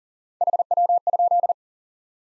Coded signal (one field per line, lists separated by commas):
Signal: Morse code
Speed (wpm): 40 wpm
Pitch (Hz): 700 Hz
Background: none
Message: HW?